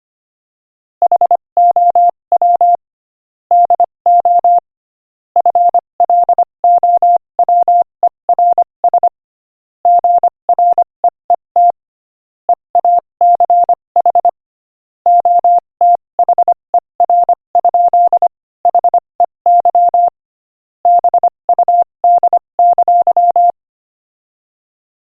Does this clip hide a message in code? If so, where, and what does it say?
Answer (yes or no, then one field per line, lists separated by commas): yes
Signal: Morse code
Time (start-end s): 1.0-23.5 s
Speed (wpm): 25 wpm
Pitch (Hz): 700 Hz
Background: none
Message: HOW DO FLOWERS GREET EACH OTHER? HEY BUD!